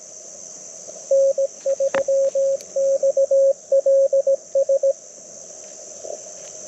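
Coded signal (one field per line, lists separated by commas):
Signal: Morse code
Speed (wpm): 17 wpm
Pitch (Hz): 540 Hz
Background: radio noise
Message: N3XLS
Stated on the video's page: QRP CW Parks on the Air activation from an LNR Precision Mountain Topper MTR4B V2.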